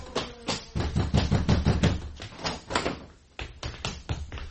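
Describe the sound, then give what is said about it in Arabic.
Loud, rapid knocking on Khalid's door by Ikrimah ibn Abi Jahl, a run of hard, sharp raps that pauses briefly and then resumes in a second, slightly sparser burst, with no voices. “انظر من في الباب يا أسامة.”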